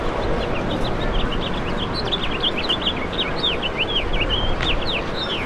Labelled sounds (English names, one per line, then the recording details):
House Finch song
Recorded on Long Island, New York, on 21 March 2012
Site FL
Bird C